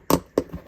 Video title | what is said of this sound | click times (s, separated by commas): How to Assemble the Hoku 2 Racing Frame | hear all that, get them all to hear that click. | 0.1 s, 0.4 s